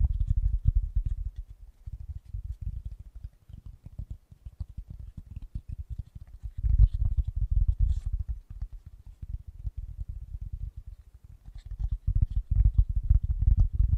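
Fast, gentle tapping runs without pause, soft and low with dull thuds, swelling in bursts near seven and twelve seconds with faint brighter clicks.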